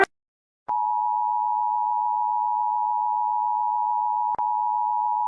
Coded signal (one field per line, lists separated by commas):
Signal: Emergency Alert System (SAME) tones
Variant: 853 and 960 Hz attention tone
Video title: When eas alarms